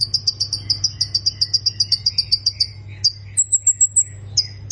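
Plain prinia song of quick repeated high notes, followed by a short series of thin, very high whistled notes and more ticks; steady low hum.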